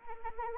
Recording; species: mosquito wingbeat signal from an infrared sensor; Anopheles arabiensis